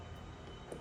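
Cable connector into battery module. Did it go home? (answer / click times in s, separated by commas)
no / none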